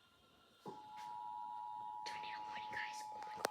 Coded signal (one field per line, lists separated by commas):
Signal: Emergency Alert System (SAME) tones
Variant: 853 and 960 Hz attention tone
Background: speech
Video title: Software glitch eas!! Tornado warning but there’s no tornado IDK why ￼￼￼￼